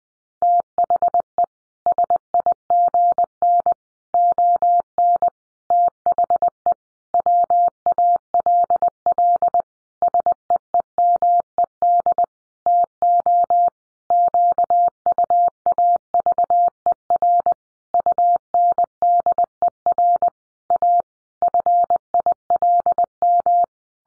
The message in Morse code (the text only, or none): THE SIGN ON THE WALL SEEMED TO QUAVER UNDER A FILM